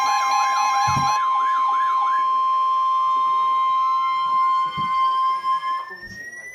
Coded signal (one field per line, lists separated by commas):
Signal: Emergency Alert System (SAME) tones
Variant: 1050 Hz attention tone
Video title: Severe Thunderstorm Warning - EAS #628